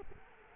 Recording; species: mosquito wingbeat signal from an infrared sensor; Culex quinquefasciatus